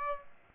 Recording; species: mosquito wingbeat signal from an infrared sensor; Aedes aegypti